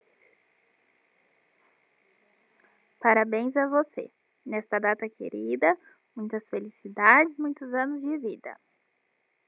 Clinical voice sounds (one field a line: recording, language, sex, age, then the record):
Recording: short text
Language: Brazilian Portuguese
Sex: female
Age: 20 to 29 years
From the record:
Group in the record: control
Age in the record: 22 years